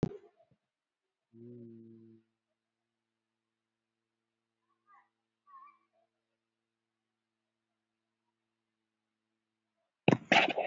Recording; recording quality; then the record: sustained vowel as in beet; poor, much background noise or distortion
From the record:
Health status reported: COVID-19 positive, no symptoms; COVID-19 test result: positive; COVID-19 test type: RT-PCR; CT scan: taken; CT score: 2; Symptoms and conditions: cold, fever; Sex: male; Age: 37 years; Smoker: no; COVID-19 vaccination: one dose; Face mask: worn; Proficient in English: yes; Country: India